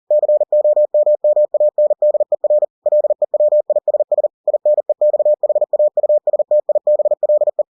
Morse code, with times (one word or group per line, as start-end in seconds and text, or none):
0.1-2.6 COMMANDER
2.9-4.3 LEWISS
4.5-7.6 INEXHAUSTIBLE